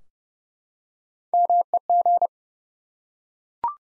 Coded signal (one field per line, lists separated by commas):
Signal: Morse code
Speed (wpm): 30 wpm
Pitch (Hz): 700 Hz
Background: none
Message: MEG